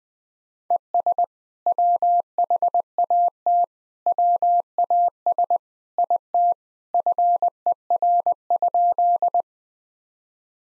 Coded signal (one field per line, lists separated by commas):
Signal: Morse code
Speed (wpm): 20 wpm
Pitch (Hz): 700 Hz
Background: none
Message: ES WHAT WAS IT FER?